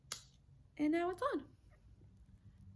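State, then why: Seated. A plastic side-release buckle on a dog harness is clicked shut after the harness is put over the dog's head, giving a sharp click at 0.1 s and seating the buckle. Someone talks afterward.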